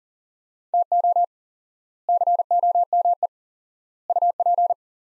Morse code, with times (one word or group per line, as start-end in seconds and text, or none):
0.7-1.2 TO
2.1-3.3 COME
4.1-4.7 UP